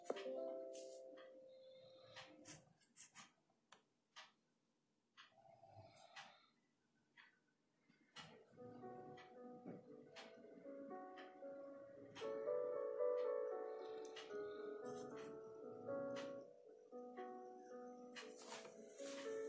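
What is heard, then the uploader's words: Sharp taps and clicks like typing and pencil work come in irregular bursts over a soft lofi music bed. The music thins out around five to eight seconds, leaving only sparse taps, then returns fuller and warmer, with steady mid-low tones under the clicking. Lofi study with me with pencil, page flipping and typing ASMR.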